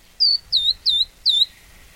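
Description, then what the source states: Verdin calls: four high, clear, slightly downslurred notes in quick succession, then quiet. Tiny bird of the Southwest desert; builds special roosting nests to keep warm on cold winter nights, and breeding nests in spring.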